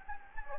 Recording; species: mosquito wingbeat signal from an infrared sensor; Anopheles gambiae